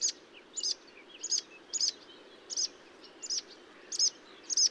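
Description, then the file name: Marsh warbler singing a high chirping note repeated several times, with a few softer calls between, against a quiet low background hum. Recorded at Bonnevaux on 31 May 2009 at 05:35. "Rousserolle verderolle 0535 25 Bonnevaux"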